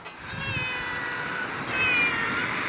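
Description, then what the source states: Cat meowing: two drawn-out meows, the second louder. Meowing during the recording, called yet another contribution from an animal.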